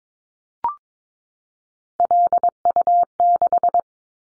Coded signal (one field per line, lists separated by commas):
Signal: Morse code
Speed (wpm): 22 wpm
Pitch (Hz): 700 Hz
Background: none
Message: LU6